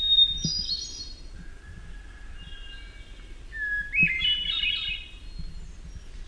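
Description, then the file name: Hermit thrush singing clear whistled phrases, each starting with a steady pure note and breaking into a higher, tremulous flurry. Soft low rustles underneath. "HETH song"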